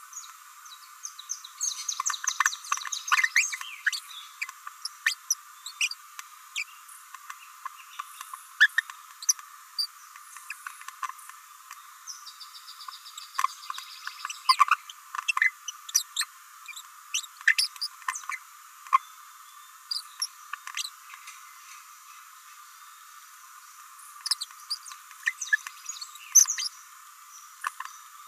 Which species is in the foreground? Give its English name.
Green-rumped Parrotlet